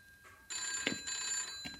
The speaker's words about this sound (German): Das Telefon.